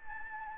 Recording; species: mosquito wingbeat signal from an infrared sensor; Anopheles gambiae